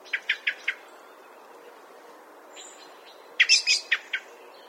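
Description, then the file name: Common blackbird giving a short run of sharp chips, a quiet pause, then a louder, scratchy burst of notes followed by two more chips. "Turdus merula"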